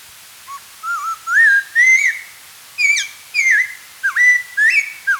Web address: Spotted Laughingthrush Song